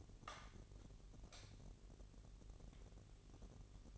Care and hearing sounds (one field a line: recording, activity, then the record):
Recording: daily activity, microphone in the room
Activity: light on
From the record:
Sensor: 4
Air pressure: 1012.7 hPa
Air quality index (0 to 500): 246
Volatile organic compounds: 4 ppm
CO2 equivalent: 1674 ppm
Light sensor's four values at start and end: 15/34/14/14 and 17/45/18/19